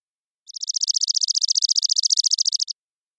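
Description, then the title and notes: Chipping sparrow song, a single dry high-pitched trill of rapid identical chips running just over two seconds, no other sounds present. Single bird's trilling song, parabolic recording, natural pace, rhythm and dynamics kept, cleaned for clarity; Pacific Northwest, Washington, United States; intermixed tree-grass open spaces. "Chipping Sparrow, Spizella passerina, trilling song, single species parabolic recording, single bird performance, natural pace, rhythm, & dynamics maintained, clean processed for clarity, family: New World Sparrows, common voice of intermixed tree-grass open spaces Recorded in the beautiful Pacific Northwest, Washington, United States"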